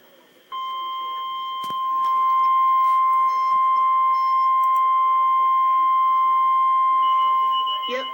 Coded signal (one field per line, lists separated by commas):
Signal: Emergency Alert System (SAME) tones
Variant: 1050 Hz attention tone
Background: speech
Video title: REAL EAS 502-Severe thunderstorm watch